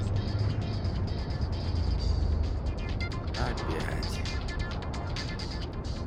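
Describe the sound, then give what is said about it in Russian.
A car drives along with a steady, low engine rumble and road hum that holds constant the whole time, with faint rattles and ticks scattered over the drone. “Семён едет за рулем.”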